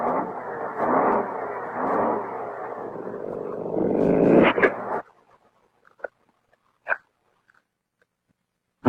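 A dog chews and crunches its food in a steady, noisy burst for about five seconds, followed by quiet with a few sharp, isolated clicks of biting.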